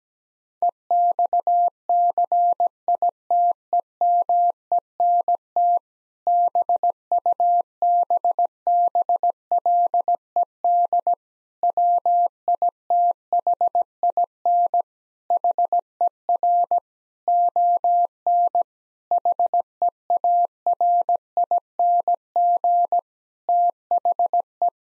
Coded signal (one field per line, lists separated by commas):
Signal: Morse code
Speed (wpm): 17 wpm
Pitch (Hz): 700 Hz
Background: none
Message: EXCITEMENT BUBBLED WITHIN HER ON HEARING THE